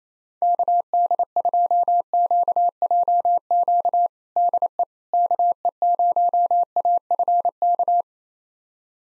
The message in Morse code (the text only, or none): KD2QJQ DE KE0AFK